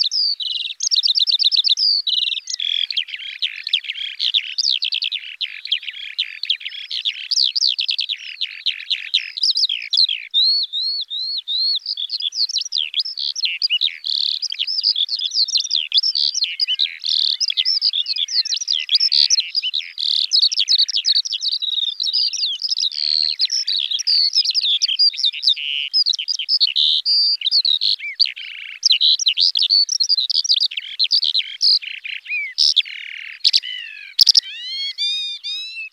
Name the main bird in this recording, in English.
Eurasian Skylark